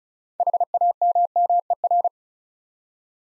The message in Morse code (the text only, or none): HAMMER